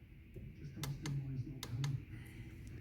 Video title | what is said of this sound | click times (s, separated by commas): The Dead Leon EP2 - Torsional Value adjustment & some general maintenance 2.0 TDi BKD | that nice affirmative click put | 1.6 s